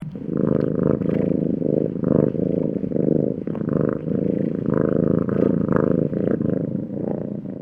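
Cat purring: a low, steady rumbling buzz that swells and fades in rhythmic breaths roughly every half second to second, continuous throughout without pause.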